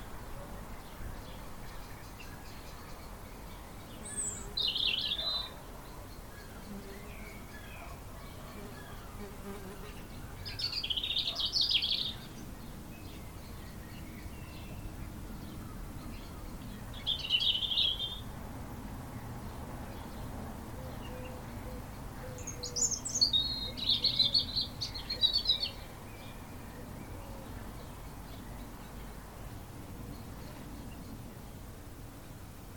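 Birds sing in short, bright bursts of chirping about every six seconds, near 5, 11, 17 and 23–25 seconds, the last a longer, busier phrase. Between calls a low, steady rumble of wind fills the background.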